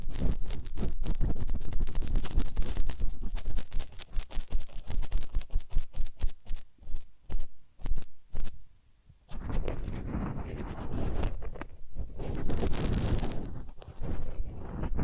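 Close scratching and rubbing sounds of an ear cleaning massage, dense and rough for the first four seconds, then breaking into quick separate strokes and pauses. A near-silent gap comes around nine seconds before a steadier, brighter brushing texture returns, with a sharp rustling burst near thirteen seconds.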